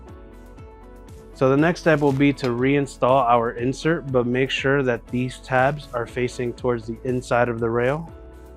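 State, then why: Not seated. Someone talks over soft background music while handling a dogging insert for a PE80 Series exit device rail, being retrofitted with a hex dogging kit, with its tabs facing toward the inside of the rail. No snap is heard, and the insert has not yet seated or clicked into the rail.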